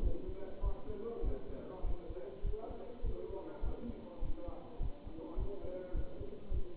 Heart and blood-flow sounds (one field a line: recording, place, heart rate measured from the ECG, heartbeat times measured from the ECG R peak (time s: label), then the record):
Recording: heart sounds by stethoscope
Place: between the tricuspid and mitral areas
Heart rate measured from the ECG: 102 bpm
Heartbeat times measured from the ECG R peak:
0.04 s: heartbeat
0.64 s: heartbeat
1.25 s: heartbeat
1.85 s: heartbeat
2.45 s: heartbeat
3.05 s: heartbeat
3.64 s: heartbeat
4.23 s: heartbeat
4.81 s: heartbeat
5.39 s: heartbeat
5.96 s: heartbeat
6.52 s: heartbeat
From the record:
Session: Bruce protocol treadmill stress test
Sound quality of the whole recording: good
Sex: male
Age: 27 years